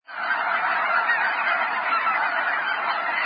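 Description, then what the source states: Goose: geese honking together in a dense, unbroken chorus of overlapping nasal calls that holds steady throughout without any pause. Several geese.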